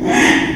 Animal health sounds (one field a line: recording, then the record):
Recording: squeal of a Yucatan mini pig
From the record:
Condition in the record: after surgery on the right vocal fold (resection and tissue-engineered implant)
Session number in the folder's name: 3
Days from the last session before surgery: 33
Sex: male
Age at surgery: 12 weeks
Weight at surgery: 13 kg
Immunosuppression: cyclosporine, prednisolone